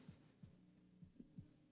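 Deep, muffled thumps come in quick succession, about five in under two seconds, over a steady low hum. It is a staged heartbeat sound effect portraying a man's racing pulse as a doctor gives him a test for truth.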